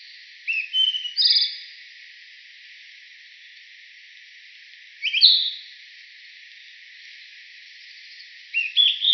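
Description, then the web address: Narcissus flycatcher giving brief whistled phrases of slurred notes, spaced several seconds apart over quiet background hiss. Recorded 11 April 2018. "birdenaga kibitaki 180411"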